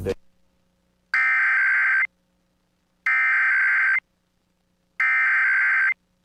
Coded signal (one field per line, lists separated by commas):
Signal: Emergency Alert System (SAME) tones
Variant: header bursts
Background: speech